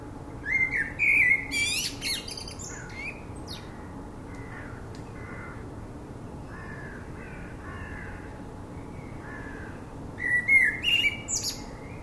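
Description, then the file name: Common blackbird song: two mellow fluted warbling phrases, each ending in a squeaky high twitter, about ten seconds apart, with softer faint warbles between them. "Turdus merula"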